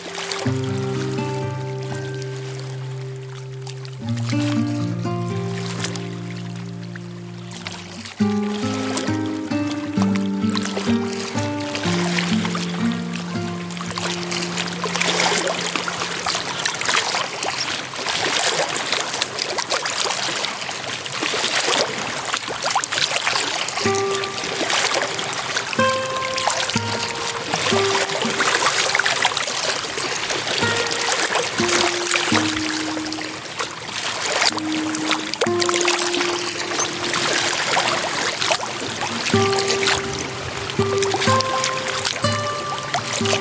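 Water at Fuschlsee lake. For the first fifteen seconds, a low humming tone steps up and down in pitch, like a passing motor, under growing splashes. After that a dense, steady rush of lapping and splashing water fills the rest, with brief higher tones now and then.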